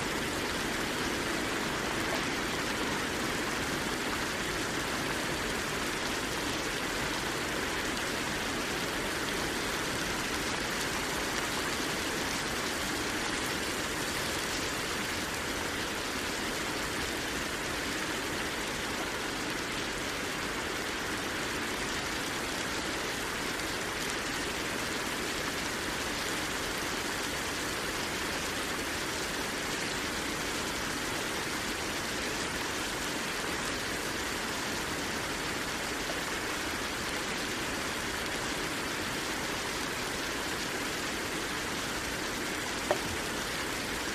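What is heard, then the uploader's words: Rain falls in a steady, dense hiss that holds the same level for the whole stretch, with no pauses or gusts. The sound is full, spread from a low rumble up to a bright wash, with only a faint tick near the end. Serene Rain Sounds.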